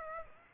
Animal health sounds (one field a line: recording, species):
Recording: mosquito wingbeat signal from an infrared sensor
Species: Aedes aegypti